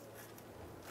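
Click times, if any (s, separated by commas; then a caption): none. A wiring harness connector is handled as it is plugged onto a new camshaft position sensor on a 2003–09 Toyota 4Runner, giving quiet, low handling noise with a couple of faint ticks. The clip ends just before the part goes home, so nothing has seated or clicked yet.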